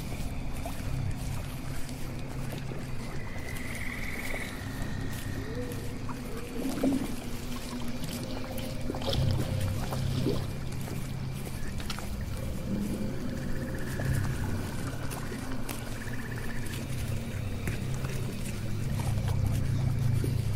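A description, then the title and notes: Swamp ambience with a steady low rumble and hum running throughout, dense and unchanging in level. Faint tonal whines drift in around 4 and 14 seconds, with occasional soft knocks and ticks scattered over the constant bed. Witch's swamp house asmr Ambience. Swamp ambience.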